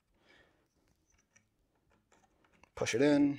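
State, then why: Not seated. A DDR4 memory module is lined up with the notch in a motherboard DIMM slot, on a board whose slot has latches that pop out on both sides, before being pushed in. Only quiet handling sounds and faint ticks are heard, and then someone talks near the end. Nothing has seated or clicked yet.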